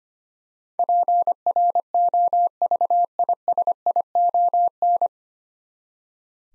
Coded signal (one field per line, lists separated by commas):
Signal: Morse code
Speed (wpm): 25 wpm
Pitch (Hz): 700 Hz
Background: none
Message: PROVISION